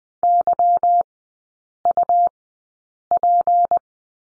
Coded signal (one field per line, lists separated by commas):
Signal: Morse code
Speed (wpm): 20 wpm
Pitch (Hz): 700 Hz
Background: none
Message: YUP